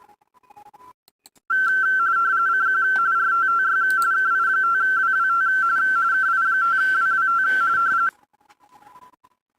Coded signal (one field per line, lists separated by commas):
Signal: RTTY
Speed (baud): 45.45 baud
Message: CQ RTTY KI5WWT KI5WWT